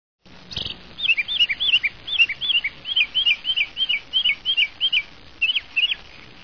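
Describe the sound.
Northern mockingbird repeating a high, slurred two-part chirp about three times a second, with a sharp click near the start.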